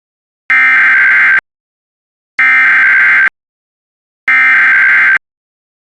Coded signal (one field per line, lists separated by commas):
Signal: Emergency Alert System (SAME) tones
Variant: header bursts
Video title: [IPAWS EAS Archive] Pinal, AZ Civil Emergency Message (08/15/21)